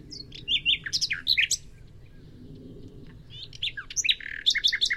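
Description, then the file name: Common nightingale song: two bursts of varied chirps and whistled notes separated by a short quiet gap. "Luscinia megarhynchos"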